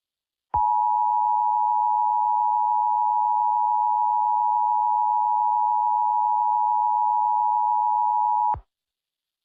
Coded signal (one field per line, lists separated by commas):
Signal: Emergency Alert System (SAME) tones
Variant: 853 and 960 Hz attention tone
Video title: Doodle Kaden reacts to harclaus eas scenario by @C_T_C09Official (Watch till the end)